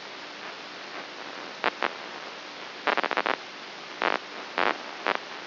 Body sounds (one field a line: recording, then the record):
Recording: brain microelectrode recording played as sound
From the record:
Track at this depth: inside the subthalamic nucleus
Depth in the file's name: 5.84 mm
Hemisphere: right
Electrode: 2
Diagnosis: Parkinson's disease